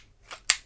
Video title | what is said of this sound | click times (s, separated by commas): [AIRSOFT REVIEW] VORSK HI-CAPA 4.3 SILVER RMR | écoutez bien s'ils gens sincères le chargeur il ya bien le petit clic tout se passe bien je peut l'insérer normalement toute | 0.5 s